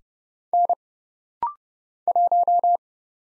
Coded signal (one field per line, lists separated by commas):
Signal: Morse code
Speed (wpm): 30 wpm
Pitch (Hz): 700 Hz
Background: none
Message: N 1